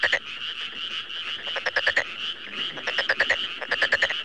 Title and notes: NHK Sound Effects Collection Frogs, Crickets, Cicadas, Horses, Dogs. NHK効果音集 カエル・虫・セミ・ウマ・イヌ